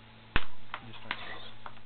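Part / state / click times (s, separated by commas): plastic screen bezel clips into laptop display lid / seated / 0.4 s, 1.1 s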